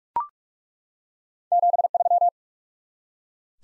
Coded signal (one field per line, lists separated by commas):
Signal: Morse code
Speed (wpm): 43 wpm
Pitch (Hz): 700 Hz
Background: none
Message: 73